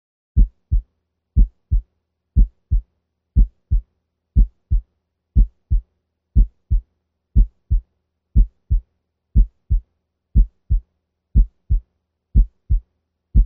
The normal S1 and S2 in the tricuspid area. S1 is also longer, louder, and lower pitched than S2 when heard in the tricuspid area. 60 beats per minute.